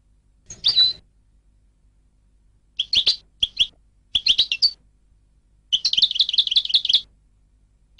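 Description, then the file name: European goldfinch with a slurred call, then short twittering bursts building into a longer rapid tinkling phrase near the end. "audio burung goldfinch"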